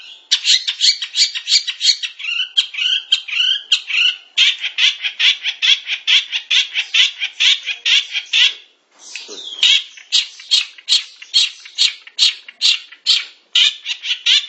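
Long-tailed shrike song: a fast run of harsh, scratchy notes with a few brief pauses.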